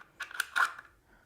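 An appendix holster is pushed onto a receiver plate mounted on the back side of a belt. A few short clicks and scrapes are heard, with a sharp click at 0.4 s as the holster seats in the receiver. No words are spoken in the clip.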